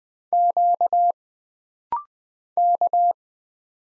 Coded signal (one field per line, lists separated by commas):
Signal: Morse code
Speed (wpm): 20 wpm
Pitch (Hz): 700 Hz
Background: none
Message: Q K